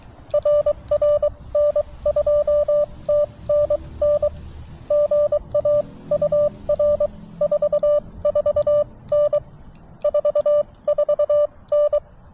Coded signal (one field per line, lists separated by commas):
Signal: Morse code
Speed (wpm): 23 wpm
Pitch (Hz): 590 Hz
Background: none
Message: RR N2TNN GA UR 44N 44N